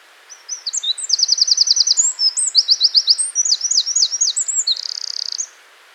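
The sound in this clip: Wren song bursting out after a brief pause: brisk high twittering, several rattling trills and upswept notes run together, closing with a dry buzzy trill.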